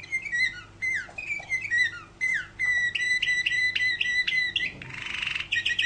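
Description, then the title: Canary: small songbird singing: rapid whistled notes and sweeping chirps in quick series, a short burst of noise partway through, then more chirping. "Kenari"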